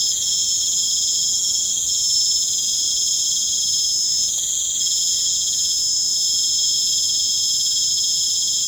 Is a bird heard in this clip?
no